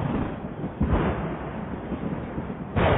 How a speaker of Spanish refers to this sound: Por Dios, creo que tenías razón. Vamos a tener una tormenta eléctrica. ¡Qué oscuro se está poniendo!